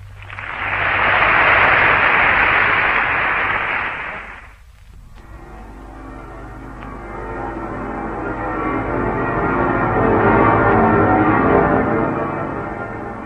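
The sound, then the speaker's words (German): A burst of broad hissing noise cuts off, then several church bells ring together from all the towers of the city, their overlapping metallic tones humming and swelling steadily with no voices, in a 1937 German radio report. “Von allen Türmen entbieten die Glocken der Stadt den Deutschen jenseits der Grenzen ihren ehernen Gruß.”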